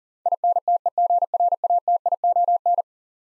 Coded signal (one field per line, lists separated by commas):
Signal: Morse code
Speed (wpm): 40 wpm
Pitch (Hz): 700 Hz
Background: none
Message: INTEGRATION